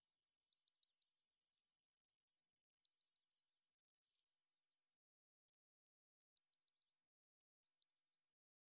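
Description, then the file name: Eurasian blue tit calls: short high bursts of four or five thin, descending notes, repeated in five groups with pauses of roughly half a second to two seconds; otherwise quiet. "Cyanistes caeruleus"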